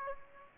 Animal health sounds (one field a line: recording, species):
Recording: mosquito wingbeat signal from an infrared sensor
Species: Aedes aegypti